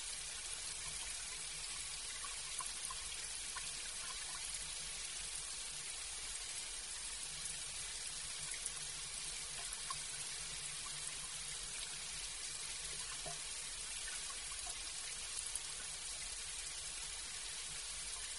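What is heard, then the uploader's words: Rain falls steadily through the whole stretch, a dense, even hiss weighted toward the bright end with little low rumble. Scattered small taps and drips stand out now and then against the wash, while the overall level stays constant from start to finish. 8 Hours of Rainy Night Ambience for Calm Sleep. The rhythmic sound of rain falling on various surfaces. The rain patters against the glass, creating a calming rhythm.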